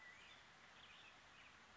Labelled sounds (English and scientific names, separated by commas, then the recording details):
Black-headed Grosbeak (Pheucticus melanocephalus)
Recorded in Sonoma County, California